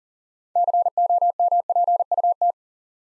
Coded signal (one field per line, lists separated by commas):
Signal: Morse code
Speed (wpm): 42 wpm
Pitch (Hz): 700 Hz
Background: none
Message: COMPUT